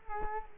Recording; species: mosquito wingbeat signal from an infrared sensor; Culex quinquefasciatus